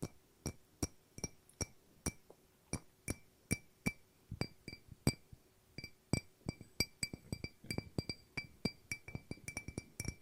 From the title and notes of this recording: ASMR No Talking Glass Tapping and Ringing Sounds.